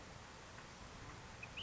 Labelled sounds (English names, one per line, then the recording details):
Ash-throated Flycatcher
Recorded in Sonoma County, California